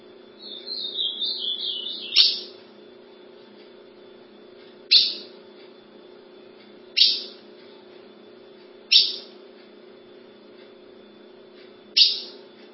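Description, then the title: Ultramarine grosbeak singing a short, quick warbling phrase that steps downward, followed by five loud sharp clicks spaced a few seconds apart over a steady low hum. "Azulao"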